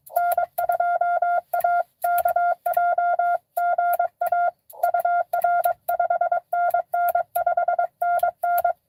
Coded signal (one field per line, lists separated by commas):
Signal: Morse code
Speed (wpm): 23 wpm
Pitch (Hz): 720 Hz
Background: none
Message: N2AKJ GA UR 5NN 5NN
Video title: N2AKJ is live! Doing parks on the air at nessequogue river state park us-2114 #pota #cw